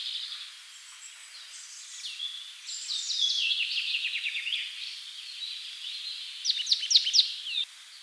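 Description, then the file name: Marsh tit calls, a series of high, buzzy chattering notes with sharp chirps near the end, over faint background hiss. "Poecile palustris"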